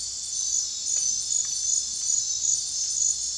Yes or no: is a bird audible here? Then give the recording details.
no. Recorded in dense forest near Puerto Asís, Putumayo, Colombia, on 29 June 2025 at 00:00. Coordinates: 0.466, -76.327. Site GP04